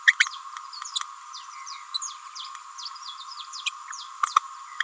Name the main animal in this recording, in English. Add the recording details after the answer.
Green-rumped Parrotlet. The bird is a female. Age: 29 days. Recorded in a nest box in Venezuela. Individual 17B31A3